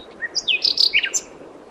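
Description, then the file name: Common nightingale song phrase of quick, high chirps and slurred notes packed into about one second. "Luscinia megarhynchos"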